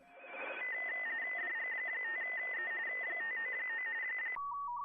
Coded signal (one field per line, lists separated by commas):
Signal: RTTY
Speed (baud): 45.45 baud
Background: radio noise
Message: DG5E 599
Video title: CQ WW RTTY Contest Livestream 28/09/24